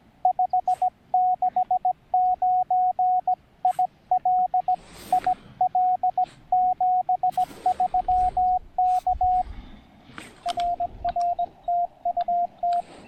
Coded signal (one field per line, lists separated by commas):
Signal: Morse code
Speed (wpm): 20 wpm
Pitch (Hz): 690 Hz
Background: radio noise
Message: 569 IL IL 73 K RR TU T